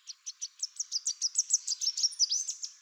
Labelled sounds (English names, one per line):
Chestnut-capped Warbler song